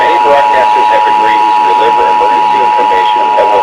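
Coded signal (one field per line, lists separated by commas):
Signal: Emergency Alert System (SAME) tones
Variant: 853 and 960 Hz attention tone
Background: speech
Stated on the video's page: Required Monthly Tests relayed by Los Angeles stations at 4am, including an AM radio station.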